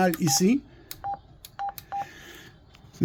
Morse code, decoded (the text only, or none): none